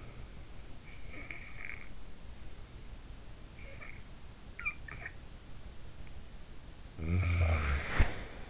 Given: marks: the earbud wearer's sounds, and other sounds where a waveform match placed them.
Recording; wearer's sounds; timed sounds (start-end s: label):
sounds in sleep by an in-ear microphone; snoring breath
0.90-2.73 s: snoring breath
3.64-5.99 s: snoring breath
6.67-8.50 s: snoring breath